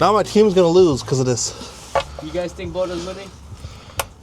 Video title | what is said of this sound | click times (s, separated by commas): Changing Oil on My F-150 EcoBoost — Easy DIY Save Money 💰 | It's done. You heard that click? That's done. | 4.0 s